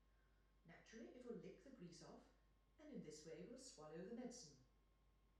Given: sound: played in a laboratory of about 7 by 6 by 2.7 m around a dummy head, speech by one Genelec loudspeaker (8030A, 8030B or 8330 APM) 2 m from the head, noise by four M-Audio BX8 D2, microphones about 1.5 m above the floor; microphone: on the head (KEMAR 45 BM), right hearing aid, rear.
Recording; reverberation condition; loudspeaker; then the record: female speech in English; medium; 30 degrees to the left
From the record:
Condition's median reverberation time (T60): about 510 ms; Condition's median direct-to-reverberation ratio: about -0.5 dB